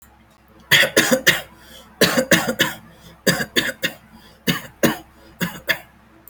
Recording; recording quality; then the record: shallow voluntary cough; excellent, no background noise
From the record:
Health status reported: respiratory illness, not identified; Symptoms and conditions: asthma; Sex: male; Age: 27 years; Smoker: not ticked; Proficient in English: yes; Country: India